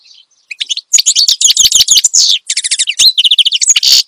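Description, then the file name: Finch song of rapid, high chirps and a rattling buzzy trill in the middle, continuing to the end. Finch described as singing energetically and continuously ('gacor dor'); the recording is meant for tutoring songbirds (masteran). "Suara Kicauan Burung Finch Gacor Dor Cocok Untuk Masteran"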